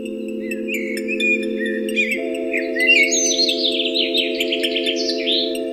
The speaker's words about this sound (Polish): przyjście do lasu, oprzeć się o drzewo, popatrzeć, jakie ono jest piękne, posłuchać głosu ptaków, ale nie zabijać je.